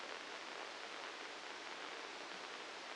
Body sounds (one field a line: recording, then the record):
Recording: brain microelectrode recording played as sound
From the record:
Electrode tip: outside the subthalamic nucleus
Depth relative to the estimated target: -3 mm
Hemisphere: left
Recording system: NeuroSet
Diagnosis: Parkinson's disease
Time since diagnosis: 9 years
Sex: male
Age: 56 years